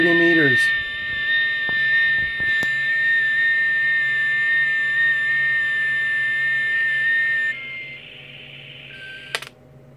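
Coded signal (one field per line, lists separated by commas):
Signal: FT8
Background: speech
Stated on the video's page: FT8 contacts made on a transceiver on the 80m, 40m, 30m and 20m bands.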